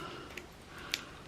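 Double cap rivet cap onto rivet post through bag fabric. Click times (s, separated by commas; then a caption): 0.4 s, 0.9 s. The back cap of a double cap rivet is pushed onto the rivet post through the fabric of a handmade bag. Two short, sharp clicks are heard at 0.4 s and 0.9 s, the second louder, showing the cap has clicked into place.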